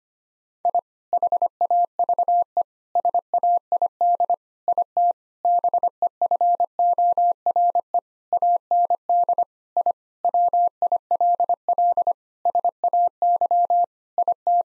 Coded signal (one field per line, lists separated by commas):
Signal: Morse code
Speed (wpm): 25 wpm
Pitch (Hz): 700 Hz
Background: none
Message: I HAVE SAID IT BEFORE AND I WILL SAY IT